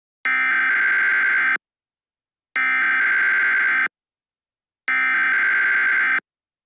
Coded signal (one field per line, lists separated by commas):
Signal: Emergency Alert System (SAME) tones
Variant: header bursts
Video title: Cincinnati, OH FFW EAS Mock